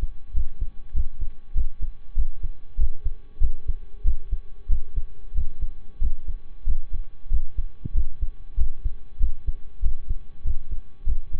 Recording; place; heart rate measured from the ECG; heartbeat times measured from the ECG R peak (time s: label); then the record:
heart sounds by stethoscope; between the tricuspid and mitral areas; 95 bpm
0.31 s: heartbeat
0.91 s: heartbeat
1.52 s: heartbeat
2.13 s: heartbeat
2.75 s: heartbeat
3.38 s: heartbeat
4.01 s: heartbeat
4.66 s: heartbeat
5.32 s: heartbeat
5.98 s: heartbeat
6.63 s: heartbeat
7.27 s: heartbeat
7.91 s: heartbeat
8.54 s: heartbeat
9.17 s: heartbeat
9.79 s: heartbeat
10.41 s: heartbeat
11.03 s: heartbeat
From the record:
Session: slow and fast walking with breaks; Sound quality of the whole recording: saturated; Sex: male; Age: 25 years